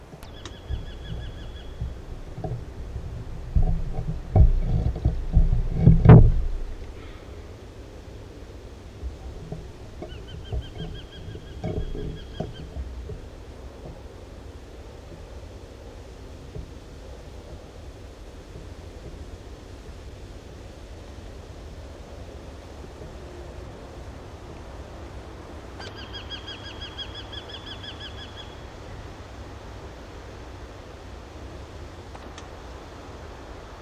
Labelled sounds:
Eurasian Hobby (Falco subbuteo) call
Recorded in the wild
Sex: male
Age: adult
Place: Bielefeld-Stieghorst, Nordrhein-Westfalen, DE
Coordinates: 51.9833, 8.63333
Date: 1971-07-01
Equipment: Uher 4000 Report-S, Bändchenmikro Beyer M 260, Parabolspiegel Polyester (470 mm)
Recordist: Conrads, Klaus

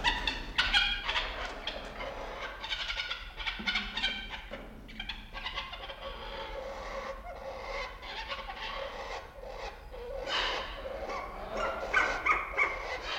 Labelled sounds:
Silvery-cheeked Hornbill (Bycanistes brevis) call
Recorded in captivity
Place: Zoo Berlin, Berlin, DE
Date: 1992-07-11 11:00
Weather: bedeckt, z.T. Regen, 17-22°C
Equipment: Marantz CP 430, Sennheiser ME 80, Kopie Tesla B 116
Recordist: Tembrock, Günter

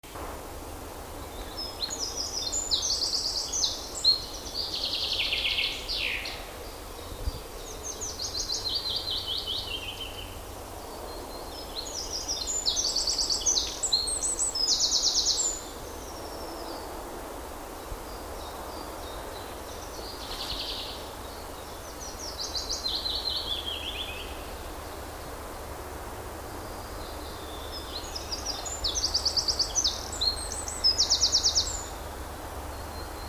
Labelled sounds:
Eurasian Wren (Troglodytes troglodytes) song
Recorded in the wild
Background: Fringilla coelebs, Phylloscopus trochilus
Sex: male
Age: adult
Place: Waldsieversdorf, Rotes Luch, Brandenburg, DE
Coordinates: 52.5481, 14.0644
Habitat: alder wood
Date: 1992-04-30 14:26
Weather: fair
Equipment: Aiwa HD-S1, Sennheiser ME 88
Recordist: Frommolt, Karl-Heinz
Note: Am Garzsee: Gesang - 3 Strophen. Im Erlenbruchwald

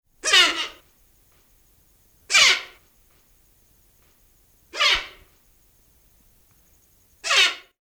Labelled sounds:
Silvery-cheeked Hornbill (Bycanistes brevis)
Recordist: Tembrock, Günter
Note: Kurzlaute eines Männchens

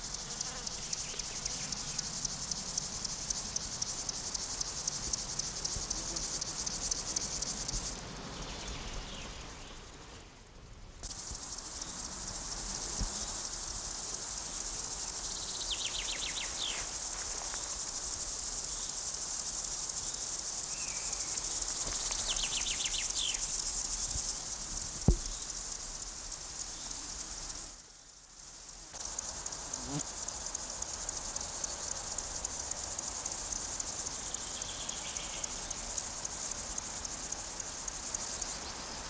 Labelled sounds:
Upland Field Grasshopper (Chorthippus apricarius) stridulation
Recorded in the wild
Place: Blankenfelde, Berlin, DE
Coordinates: 52.625, 13.404
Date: 1992-06-27 10:30
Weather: sonnig, 22-26°C
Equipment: Marantz CP 430, Sennheiser ME 80, Kopie Tesla B 116
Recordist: Tembrock, Günter

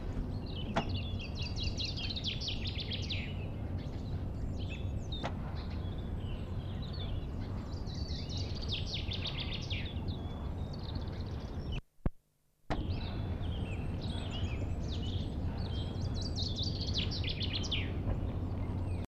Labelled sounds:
Common Chaffinch (Fringilla coelebs) song
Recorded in the wild
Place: Hafling, Bozen, IT
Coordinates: 46.6544, 11.2206
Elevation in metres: 1377
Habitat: mountains
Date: 1981-03-27
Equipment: Uher 4000 Report, Sennheiser MKH 815 T
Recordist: Tretzel, Erwin

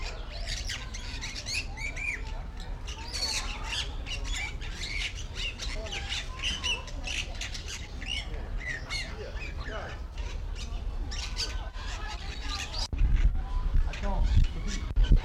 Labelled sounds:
Bali Myna (Leucopsar rothschildi)
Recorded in captivity
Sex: male
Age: adult
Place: Zoo Berlin, Berlin, DE
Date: 1994-07-16 10:55
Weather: sonnig, 22-26°C
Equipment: Marantz CP 430, Sennheiser ME 80, Kopie Uher Variocord 263
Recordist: Tembrock, Günter

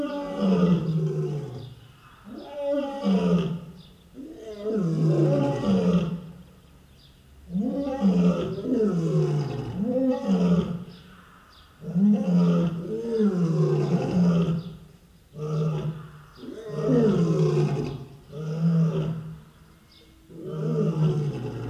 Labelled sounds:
Lion (Panthera leo) call
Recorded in captivity
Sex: pair
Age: adult
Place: Zoo Halle, Sachsen-Anhalt, DE
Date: 1969-07-05
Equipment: Uher 4200 Report Stereo, Sennheiser MD 421
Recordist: Tembrock, Günter
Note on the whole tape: Paar: Rufreihen, er beginnt. Abstand: 20 m

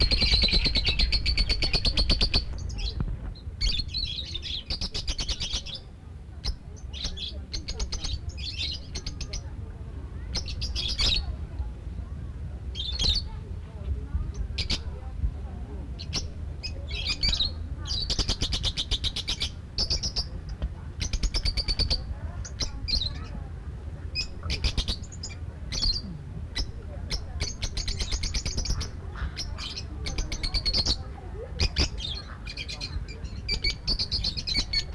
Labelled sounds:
Fischer's Lovebird (Agapornis fischeri) call
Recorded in captivity
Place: Vogelpark Walsrode, Niedersachsen, DE
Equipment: Halbspur, 9,5 cm/s
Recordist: Lütgens, Hans

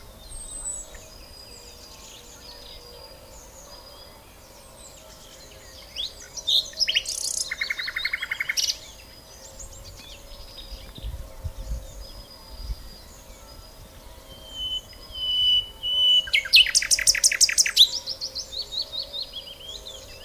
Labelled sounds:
Common Nightingale (Luscinia megarhynchos) song
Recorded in the wild
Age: adult
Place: Lübars (Fließtal), Berlin, DE
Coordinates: 52.6167, 13.35
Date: 2001-04-28 11:45
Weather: fair, ca. 15°C
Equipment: Nagra SN, Kopie Uher 4000 Report Monitor
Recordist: Tembrock, Günter
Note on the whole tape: Gesang (bis 11.54 Uhr)

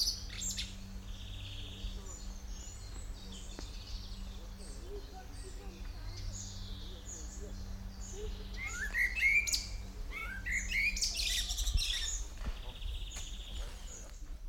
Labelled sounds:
Common Blackbird (Turdus merula)
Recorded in the wild
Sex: male
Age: adult
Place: Kremmen, Brandenburg, DE
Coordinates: 52.76, 13.03
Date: 1995-06-03 15:40
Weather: heiter, 18-20°C
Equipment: Marantz CP 430, Sennheiser ME 80, Kopie Uher 4000 Report Monitor
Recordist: Tembrock, Günter

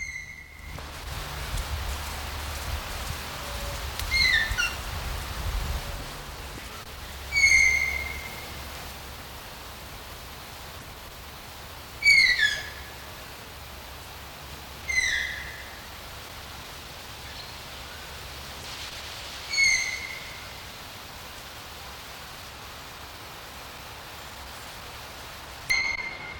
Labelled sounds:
Brazilian Tapir (Tapirus terrestris)
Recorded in captivity
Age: adult
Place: Tiergarten Nürnberg, Bayern, DE
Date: 1993-09-14 16:30
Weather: 12 °C, bedeckt
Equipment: Marantz CP 430, Sennheiser MKH 416 T, Kopie Uher Variocord 263
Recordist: Tembrock, Günter

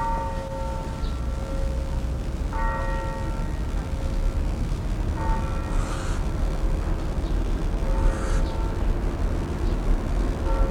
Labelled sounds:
Western Barn Owl (Tyto alba) call
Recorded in captivity
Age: adult
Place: Zoo Berlin, Berlin, DE
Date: 1960-07-06 19:30
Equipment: Reporter (Vollspur)
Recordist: Tembrock, Günter

